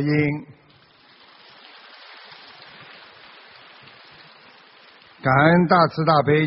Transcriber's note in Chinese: 掌声